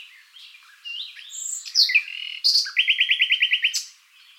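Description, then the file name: Common nightingale song: scratchy and whistled notes, then a fast, even series of about a dozen repeated chirps near the end. "Luscinia megarhynchos"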